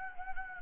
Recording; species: mosquito wingbeat signal from an infrared sensor; Anopheles gambiae